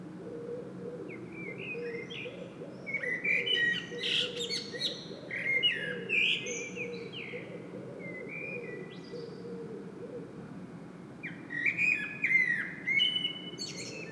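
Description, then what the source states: Common blackbird song: fluted, warbling phrases that end in high twittery flourishes, delivered in two bursts separated by a pause, over a steady low hum. Singing in Saint-Gilles, Belgium; Sony PCM-M10 internal microphone.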